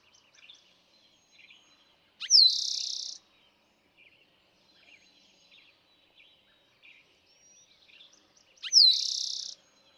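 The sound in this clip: Eastern Towhee delivering two songs about six seconds apart, each a quick introductory note, a slurred whistle and a buzzy trill, with faint chirps between them.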